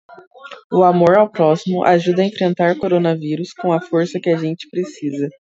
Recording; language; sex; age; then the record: spoken sentence; Brazilian Portuguese; female; 18 to 19 years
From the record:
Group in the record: control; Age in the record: 19 years